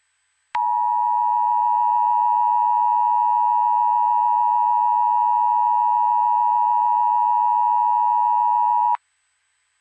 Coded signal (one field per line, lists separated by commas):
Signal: Emergency Alert System (SAME) tones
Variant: 853 and 960 Hz attention tone